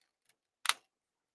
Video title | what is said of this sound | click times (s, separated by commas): But You Can't Fake Influence Livestream | You hear that snap? The snap of satisfaction. | 0.7 s